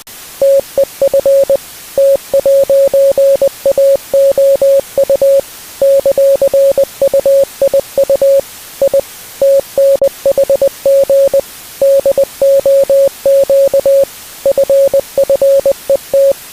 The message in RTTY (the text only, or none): none